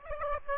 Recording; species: mosquito wingbeat signal from an infrared sensor; Aedes aegypti